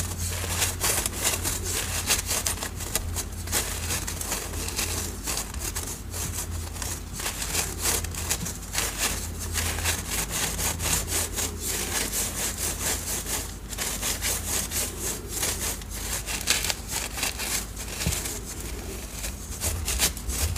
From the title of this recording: Dyed Chalk Cubes, Cornstarch Crunchies, Paste Mixing, Pouring into Molds